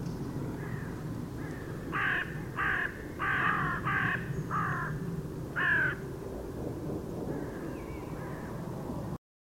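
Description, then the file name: Carrion crow calling with six rasping caws in quick series, then quiet apart from a low, continuous background hum. "Corvus corone"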